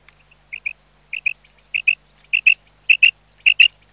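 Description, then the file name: Common quail calling in sharp, bright double notes. They start softly and grow louder, repeating about every half second against a silent background. "QUAGLIA"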